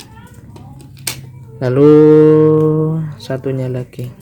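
The second RJ45 plug, on the other end of a UTP cable, is pushed into a network socket or tester. It seats with a sharp, loud click at 1.1 s. Someone then talks.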